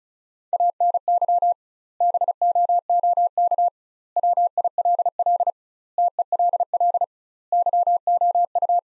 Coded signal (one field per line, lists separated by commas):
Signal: Morse code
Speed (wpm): 36 wpm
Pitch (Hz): 700 Hz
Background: none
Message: ANY BOOK WILL TELL YOU